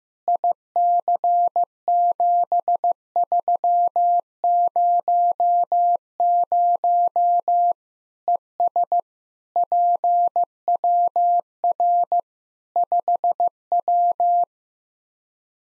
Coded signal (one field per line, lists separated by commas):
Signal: Morse code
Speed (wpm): 15 wpm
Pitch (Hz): 700 Hz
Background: none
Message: IC7300 ES PWR 5W